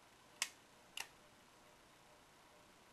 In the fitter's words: forward pressure it should lock into place and these